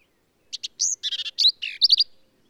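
Black-capped vireo song: a quick jumbled phrase of sharp chips, a slurred upward whistle, buzzy notes and squeaky warbles, clear against a silent background.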